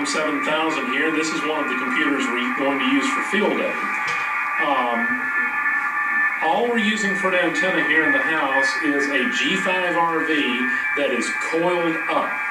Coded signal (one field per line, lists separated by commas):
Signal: FT8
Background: speech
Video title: FT8 Presentation Pt2